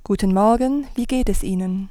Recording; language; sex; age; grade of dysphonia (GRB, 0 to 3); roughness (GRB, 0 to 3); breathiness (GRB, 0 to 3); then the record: spoken sentence; German; female; 30 to 39 years; 1; 1; 1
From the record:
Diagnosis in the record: psychogenic dysphonia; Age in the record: 39 years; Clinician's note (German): Phonasthenie